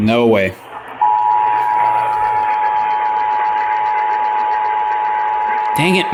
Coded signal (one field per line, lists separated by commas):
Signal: Emergency Alert System (SAME) tones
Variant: 853 and 960 Hz attention tone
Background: speech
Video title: EAS 429 - WBAP FFW for Tarrant County TX